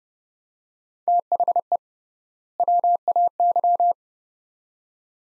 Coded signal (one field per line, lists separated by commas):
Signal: Morse code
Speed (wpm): 31 wpm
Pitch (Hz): 700 Hz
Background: none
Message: THE WAY